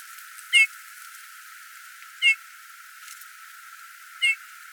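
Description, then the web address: Eurasian bullfinch calls: three soft, brief whistled notes, spaced nearly two seconds apart, with faint background hiss. "geluid Goudvink"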